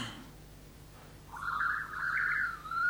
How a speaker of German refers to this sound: Irgendwelche Vögel. Wenn es hier Hummeln und Kaninchen gibt, warum soll es nicht auch Vögel geben?